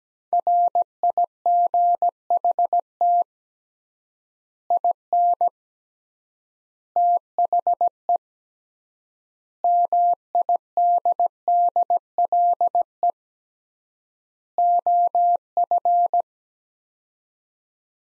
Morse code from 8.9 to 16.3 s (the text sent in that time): MIDDLE OF